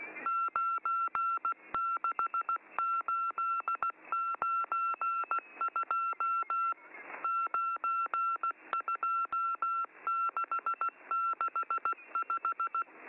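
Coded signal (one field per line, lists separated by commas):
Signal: Morse code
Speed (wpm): 16 wpm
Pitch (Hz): 1350 Hz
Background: none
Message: 96892 92665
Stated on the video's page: M14 number station, MCW on 5947 kHz, training schedule.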